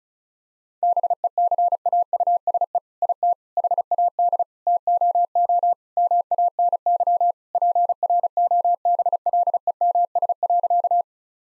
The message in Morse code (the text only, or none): BECAUSE IT HAD TOO MANY PROBLEMS.